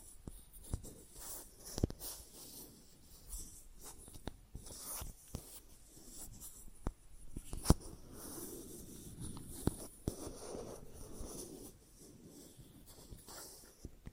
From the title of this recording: Plastic Objects Tapping and Scratching